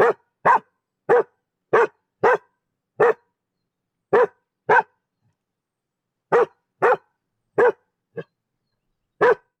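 Dog barking, single sharp barks in loose pairs spaced about half a second to a second apart, with a pause of over a second in the middle; otherwise quiet.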